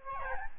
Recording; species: mosquito wingbeat signal from an infrared sensor; Aedes albopictus